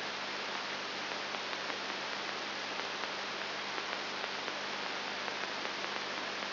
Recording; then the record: brain microelectrode recording played as sound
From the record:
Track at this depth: inside the subthalamic nucleus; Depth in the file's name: 3.501 mm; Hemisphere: left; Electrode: 3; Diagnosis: Parkinson's disease